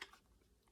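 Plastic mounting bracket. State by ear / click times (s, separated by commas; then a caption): seated / 0.0 s. A computer monitor, an HP EliteDisplay E233, has its top hooked onto the stand's quick-release bracket and is then laid down until it locks. A sharp, short click is heard at 0.0 s, followed by quiet, with another brief noise near the end. The monitor is seated on the stand mount.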